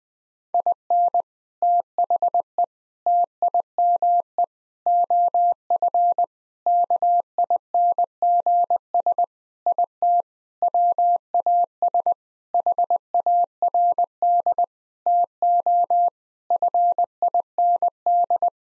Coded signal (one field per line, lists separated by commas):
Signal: Morse code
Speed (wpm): 21 wpm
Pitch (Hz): 700 Hz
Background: none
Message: IN THE TIME OF KINGS IT WAS HARD TO FIND